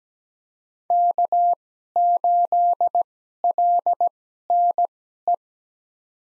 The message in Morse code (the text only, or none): K8LNE